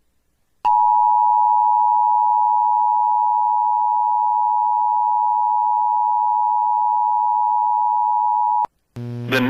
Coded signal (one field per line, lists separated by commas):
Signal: Emergency Alert System (SAME) tones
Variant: 853 and 960 Hz attention tone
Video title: TORNADO WARNING LAREDO, TX (EAS #24-28) OCT 13 2021